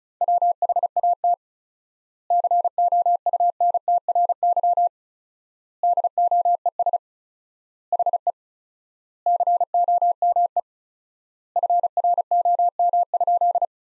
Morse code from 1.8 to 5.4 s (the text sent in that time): COUNTRY